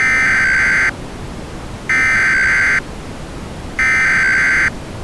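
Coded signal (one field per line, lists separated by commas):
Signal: Emergency Alert System (SAME) tones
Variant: header bursts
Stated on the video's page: Simulated EAS tornado warning for Texas with the voice nearly muted.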